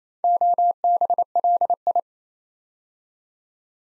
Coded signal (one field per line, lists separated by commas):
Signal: Morse code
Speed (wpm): 28 wpm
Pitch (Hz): 700 Hz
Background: none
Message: OBLI